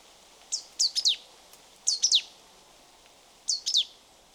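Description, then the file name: Marsh tit calls: three quick bursts of a few sharp, high, downward-sweeping notes, roughly every one and a half seconds, over faint steady background hiss. "Poecile palustris"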